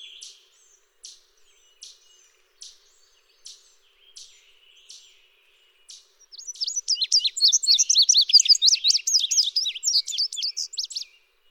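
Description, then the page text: Indigo bunting with a series of thin sharp chips repeated about once a second, then a long, loud, rapid jumble of high sweet song notes. "Chris Parrish - Индиговый овсянковый кардинал (Passerina cyanea)"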